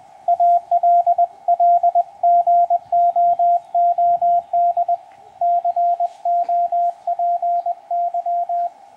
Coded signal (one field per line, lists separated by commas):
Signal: Morse code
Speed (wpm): 20 wpm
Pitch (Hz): 700 Hz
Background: radio noise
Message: ALL GOOD COPY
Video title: EA1AQ: FT-897D Solar: CW QSO with DF2DM